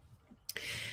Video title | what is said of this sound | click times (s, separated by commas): Say Waht? w/ Wah & Chris 💄 Ep.120 | Now, these are like magnetic. It pops into place. | 0.5 s